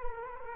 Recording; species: mosquito wingbeat signal from an infrared sensor; Culex quinquefasciatus